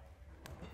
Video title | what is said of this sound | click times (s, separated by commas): How to Make a Custom RV Cover | push and then you twist it and until it snaps on so that's flush with the top and | 0.5 s